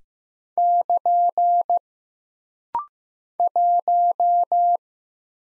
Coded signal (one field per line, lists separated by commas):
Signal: Morse code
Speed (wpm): 15 wpm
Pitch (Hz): 700 Hz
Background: none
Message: <KN> 1